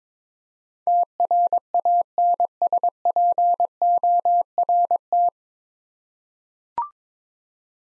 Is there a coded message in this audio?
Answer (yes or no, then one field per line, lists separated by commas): yes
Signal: Morse code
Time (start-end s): 0.9-5.3 s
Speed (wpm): 22 wpm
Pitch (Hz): 700 Hz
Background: none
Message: TRANSPORT